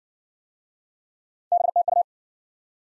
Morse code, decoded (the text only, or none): BTU